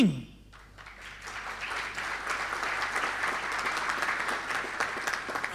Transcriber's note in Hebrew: מחיאות כפיים